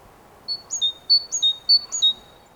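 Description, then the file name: Great tit song, three repeated three-note phrases in an even rhythm, faint low background noise underneath. "Parus major"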